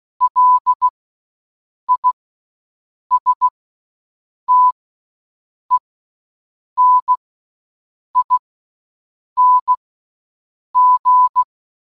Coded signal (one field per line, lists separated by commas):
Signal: Morse code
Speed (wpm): 16 wpm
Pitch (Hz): 1000 Hz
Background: none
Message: LISTENING